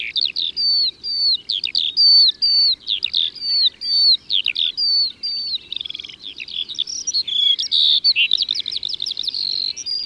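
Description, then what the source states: Eurasian skylark delivering a sustained, fast babble of whistled slurs, trills and chirps that runs on continuously. Recorded in Ardèche, France.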